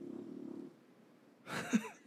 Huge giant snoring in the background.